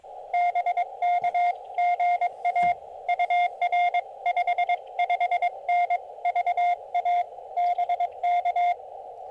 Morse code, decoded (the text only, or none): BK GA UR 55N VA BK